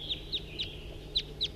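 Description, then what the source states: Red Crossbill flight calls, five sharp downslurred notes at irregular intervals, with a low steady hum underneath. Wild bird calling in flight.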